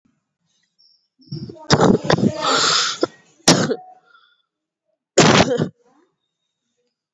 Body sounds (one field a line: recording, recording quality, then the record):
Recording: heavy voluntary cough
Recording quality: moderate, slight background noise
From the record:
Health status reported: COVID-19 positive, mild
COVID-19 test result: positive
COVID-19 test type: RT-PCR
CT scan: not taken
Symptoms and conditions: cold, fatigue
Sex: female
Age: 27 years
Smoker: no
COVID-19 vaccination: none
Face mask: not worn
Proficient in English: yes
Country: India